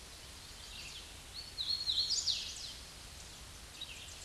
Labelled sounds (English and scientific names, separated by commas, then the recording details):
Hooded Warbler (Setophaga citrina) song
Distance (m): 15 m
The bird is about level with the microphone
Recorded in a Pennsylvania forest on 16 May 2024 at 08:24
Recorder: AudioMoth, point MSD-0814
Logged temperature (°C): 15.8 °C
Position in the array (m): 171 m, 103 m